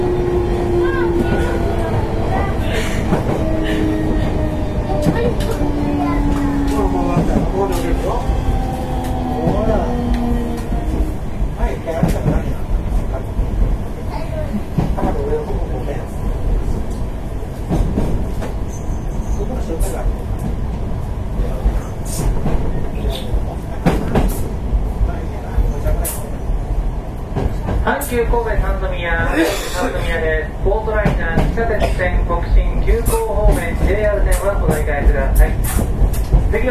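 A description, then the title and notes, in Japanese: A Hankyu 8000 series express train runs along the Kobe Line with a dense, steady rumble and rattle throughout. In the first ten seconds a falling motor whine glides downward, and later a clattering run of wheel beats and squeals picks up around 27 to 35 seconds. Voices murmur faintly. 阪急電鉄8000系電車の走行音です。神戸線の特急列車で録音しました。区間は新開地から梅田までです。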